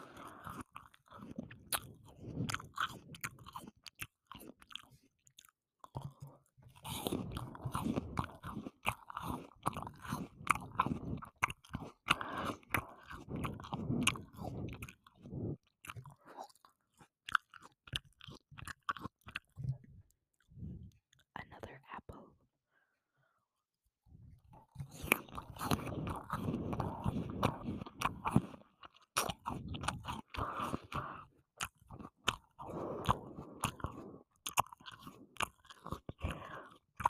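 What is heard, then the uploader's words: Wet chewing of candy and gum, with dense crackling and popping bursts running through most of the clip. The activity pauses briefly around 6 seconds and falls nearly silent from about 20 to 24 seconds before the crunching resumes strongly. Food, Gum, Water, Candy, and Pop Rocks.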